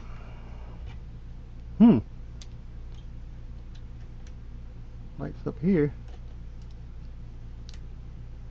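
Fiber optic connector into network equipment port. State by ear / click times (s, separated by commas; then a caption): not seated / none. A plastic fiber optic connector is handled at the port of a piece of network equipment because the port is not lighting up, the connector not being fully inserted. Someone talks over a steady low hum, with a few faint ticks and taps in between. Nothing has seated or clicked yet.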